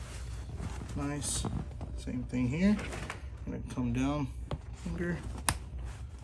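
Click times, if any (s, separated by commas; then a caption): 5.5 s. A seat cover's retaining J-channel on a 2007-2012 Mercedes-Benz GL450/GL550 replacement seat is pushed down into the seat cushion frame channel while someone talks. A sharp snap at 5.5 s marks the J-channel locking into place, so the cover is seated.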